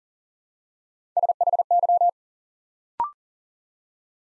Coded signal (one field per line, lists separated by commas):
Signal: Morse code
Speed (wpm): 38 wpm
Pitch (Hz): 700 Hz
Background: none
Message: SHY